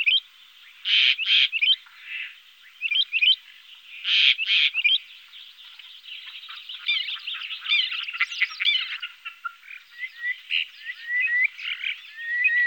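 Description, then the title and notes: Common starling song: chattering rattles and clicks give way to a dense, varied warbling of squeaks, whistles and wheezy notes. Recorded in Germany, Austria, Switzerland. "Sounds of birds from Germany, Austria, Switzerland"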